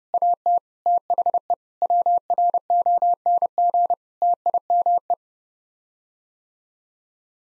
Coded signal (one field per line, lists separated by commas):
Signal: Morse code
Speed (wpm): 30 wpm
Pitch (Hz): 700 Hz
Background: none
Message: AT THE WRONG TIME